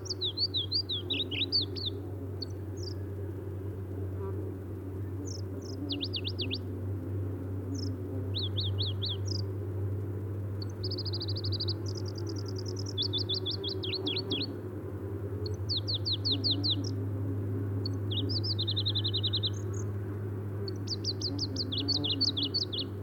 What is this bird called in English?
Pallas's Leaf Warbler